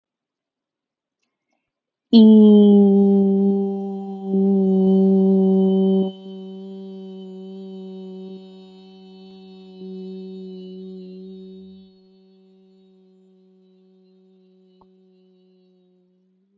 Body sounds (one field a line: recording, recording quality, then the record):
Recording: sustained vowel as in beet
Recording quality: excellent, no background noise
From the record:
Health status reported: healthy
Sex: female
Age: 32 years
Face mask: not worn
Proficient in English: yes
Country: United States